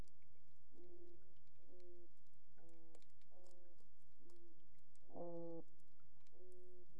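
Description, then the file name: Toadfish producing a run of short, low, droning hums, one stronger and fuller call after five seconds, over steady underwater noise. "Putland Toadfish"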